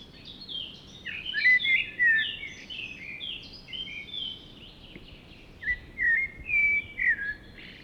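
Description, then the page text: Common blackbird song of fluted whistles mixed with thin, high squeaky notes, in two short bursts separated by a pause, over low background noise. "Игорь Никольский, Turdus merula - Чёрный дрозд Песня"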